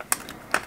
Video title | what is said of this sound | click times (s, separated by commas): Create A $50 Wifi Music Streamer Connect Phone Wireless to Stereo Receiver | there we go snapped in | 0.5 s